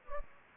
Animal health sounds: mosquito wingbeat signal from an infrared sensor; Anopheles gambiae

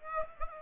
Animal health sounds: mosquito wingbeat signal from an infrared sensor; Aedes aegypti

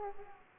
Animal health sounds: mosquito wingbeat signal from an infrared sensor; Aedes aegypti

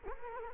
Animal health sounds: mosquito wingbeat signal from an infrared sensor; Culex quinquefasciatus

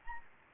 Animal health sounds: mosquito wingbeat signal from an infrared sensor; Anopheles arabiensis

